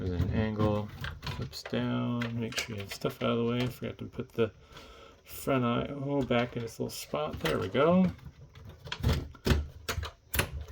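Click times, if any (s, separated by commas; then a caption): 9.9 s, 10.3 s. Someone talks while the hinged drive cage of a Dell Optiplex 7010 small form factor desktop is flipped back down and pressed into the chassis, after the front I/O is put back in its spot. Sharp clicks at 9.9 s and 10.3 s mark the cage latching, and it locks into place.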